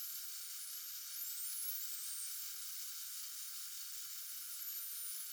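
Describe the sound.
Common dolphin whistles, several thin sweeping tones rising and falling over a steady underwater hiss.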